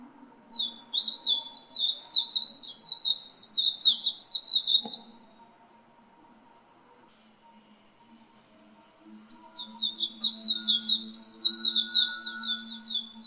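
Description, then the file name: White-eye singing rapid, high-pitched chattering phrases, two long twittering bursts with a pause of several seconds between them, a faint low hum underneath. Wild white-eye singing in the ngalas song style. "peci liar ngalas"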